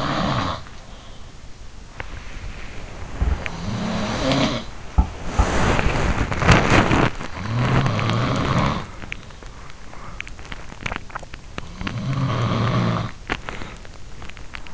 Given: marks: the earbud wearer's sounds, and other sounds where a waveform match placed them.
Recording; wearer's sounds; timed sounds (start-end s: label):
sounds in sleep by an in-ear microphone; body movement, teeth grinding
0.00-1.45 s: sound from someone else or the room
1.68-9.61 s: body movement
1.97-4.70 s: sound from someone else or the room
7.43-10.29 s: sound from someone else or the room
8.99-14.74 s: teeth grinding
10.55-14.74 s: sound from someone else or the room